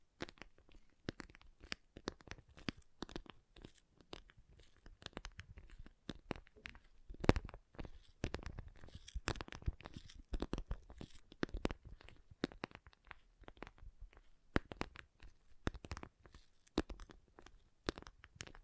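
Water beads being handled, heard as a dense run of sharp clicks, crackles and squishy pops that never settles into a steady pattern. The bursts come irregularly throughout, with a heavier cluster around the seven-to-ten-second mark, and quieter gaps between some groups.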